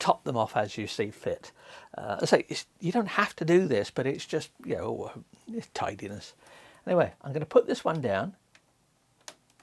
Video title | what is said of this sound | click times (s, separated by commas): Why and how to: Epson ET8550 ink refilling, top-up and ink level setting. Keeping your printer well. | and it just gently clicks into place there we go we've now topped it up | 9.3 s